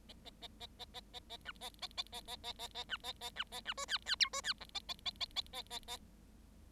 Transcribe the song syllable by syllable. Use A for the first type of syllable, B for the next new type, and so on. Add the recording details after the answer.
A A A A A A A A B A A A A A A A A B A A B A B C D D E C D F A A A A A A A A. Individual Bird7